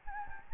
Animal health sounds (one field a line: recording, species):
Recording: mosquito wingbeat signal from an infrared sensor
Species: Anopheles gambiae